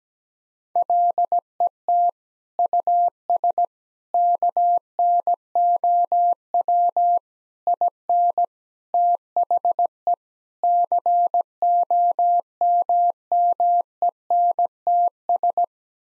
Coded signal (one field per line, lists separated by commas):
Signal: Morse code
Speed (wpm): 17 wpm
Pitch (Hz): 700 Hz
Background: none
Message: LET US KNOW IN THE COMMENTS